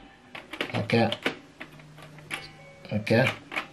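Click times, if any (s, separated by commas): none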